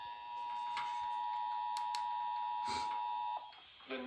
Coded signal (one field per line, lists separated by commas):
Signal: Emergency Alert System (SAME) tones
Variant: 853 and 960 Hz attention tone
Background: speech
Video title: Severe Thunderstorm Warning | EAS 1